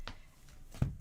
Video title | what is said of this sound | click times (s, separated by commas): (Tech Fail - Take 1) reMarkable 2 Remote Sharing Tips | and you'll hear it snap. And then you'll know that you're good to go. | 0.1 s